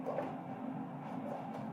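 A RAM module is lined up over an open memory slot on a motherboard, before being pushed down. A steady low-mid background hum runs through the clip with no sharp transients, and nothing has seated or clicked yet.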